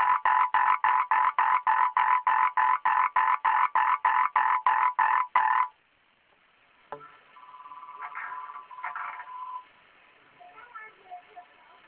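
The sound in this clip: Frog croaking: a long, very regular train of loud rasping pulses, about three per second, then a pause and a softer, drawn-out croaking burst.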